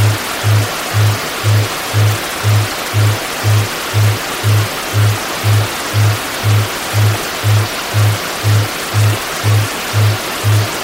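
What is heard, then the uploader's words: A steady hiss of rain and white noise fills the whole range evenly, dense and unchanging. Beneath it, a low tone pulses on and off about twice per second, regular as a metronome, with each beat short and soft-edged. Rainy Delta Deep Sleep Aid (A Remix of Delta 2Hz Isochronic Tones, White Noise and Rain Sounds). The soothing sounds of rain, white noise, and delta 2Hz isochronic tones.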